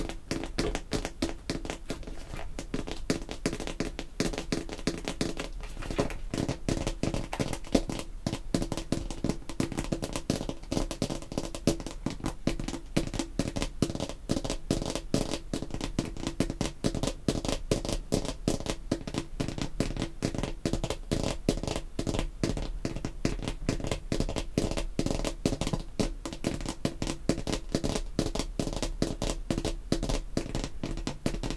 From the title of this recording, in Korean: 인조손톱 태핑 | 향수, 뚜껑 등